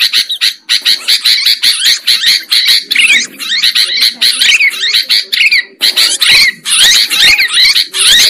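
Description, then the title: Lovebird giving rapid, grating chatter mixed with sharp shrill notes in quick irregular bursts, almost without pause. Lovebird sound used as a lure for trapping birds. "PIKAT BURUNG LOVEBIRD"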